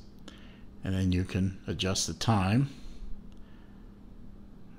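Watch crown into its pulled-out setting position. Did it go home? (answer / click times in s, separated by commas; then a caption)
yes / 0.3 s. A sharp, short click at 0.3 s as the crown of a new Zelos Great White dive watch, already unscrewed and pulled out through its detent positions, clicks into the second position that stops (hacks) the movement. Someone then talks, and a fainter tick follows near 3.3 s.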